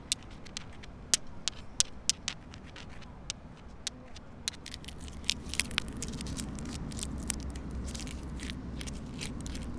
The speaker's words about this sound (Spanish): Primero he puesto el sonido de la fuente, después continuará el sonido de las piedras, después el sonido de las hojas, después el señor explicando el mar y el mar, y el sonido del mar.